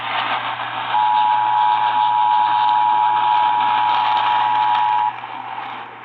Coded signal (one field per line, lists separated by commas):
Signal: Emergency Alert System (SAME) tones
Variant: 853 and 960 Hz attention tone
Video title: Shmovin' Storms | EAS #98-114 (3/24-25/2023)